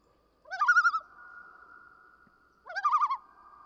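Common loon giving two quavering calls: a short upward swoop into a rapid wobbling tremolo, with a steady humming tone carrying on between them.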